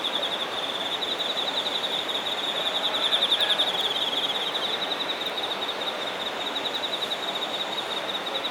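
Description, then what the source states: Insect chorus of rapid high pulses forming an unbroken trill, slightly louder midway, set against a steady noisy background. Shinagawa, Japan.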